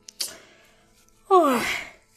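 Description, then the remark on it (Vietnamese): A soft breathy intake, then a long, drawn-out yawn with a voiced, breathy tone that slides downward in pitch before trailing off, heard alone with no talking. “ngáp dài rồi nói với bố mẹ mình.”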